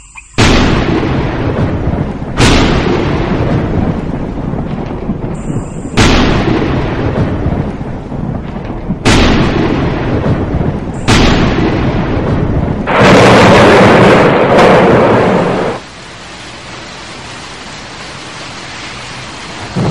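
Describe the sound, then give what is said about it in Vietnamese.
Rumbling thunder rolls in a series of heavy booms every few seconds, then a louder, sustained thunderclap crashes before fading into a steady, hissing wash of noise. “Một chuỗi những tiếng sấm ầm ầm dồn dập vọng đến, rồi một tiếng nổ ầm vang trời.”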